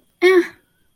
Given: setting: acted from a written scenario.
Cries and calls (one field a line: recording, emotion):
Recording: vocal sound without words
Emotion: neutral